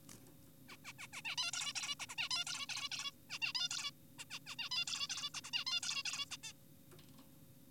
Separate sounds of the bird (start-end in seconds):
0.69-0.76, 0.85-0.93, 0.99-1.08, 1.13-1.22, 1.25-1.36, 1.38-1.51, 1.53-1.73, 1.76-1.95, 2.00-2.06, 2.09-2.16, 2.18-2.29, 2.31-2.45, 2.47-2.66, 2.69-2.89, 2.92-3.11, 3.30-3.39, 3.42-3.52, 3.55-3.68, 3.71-3.90, 4.19-4.25, 4.31-4.39, 4.47-4.56, 4.59-4.69, 4.72-4.85, 4.88-5.07, 5.10-5.30, 5.35-5.41, 5.44-5.50, 5.53-5.64, 5.67-5.80, 5.83-6.03, 6.06-6.26, 6.31-6.37, 6.44-6.52